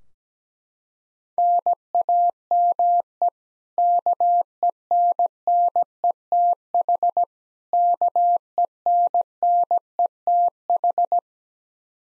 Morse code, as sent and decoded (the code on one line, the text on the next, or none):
-. .- -- . / -.- . -. -. . - .... / -.- . -. -. . - ....
NAME KENNETH KENNETH